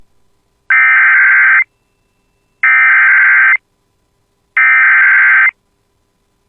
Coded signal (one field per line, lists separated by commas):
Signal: Emergency Alert System (SAME) tones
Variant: header bursts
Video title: [EAS] Severe Thunderstorm Warning for Southern Cass County from WXM99 (5/26/26)